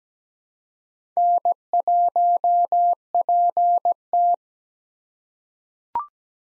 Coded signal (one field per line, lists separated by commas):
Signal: Morse code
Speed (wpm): 17 wpm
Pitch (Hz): 700 Hz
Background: none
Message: N1PT